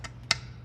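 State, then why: Seated. A bleed syringe fitting is pushed back into a hydraulic brake caliper bleed port after being pulled out. A faint tick near the start is followed by a sharp, bright click at 0.3 s, the audible click that means the fitting is seated all the way in.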